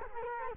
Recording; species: mosquito wingbeat signal from an infrared sensor; Culex quinquefasciatus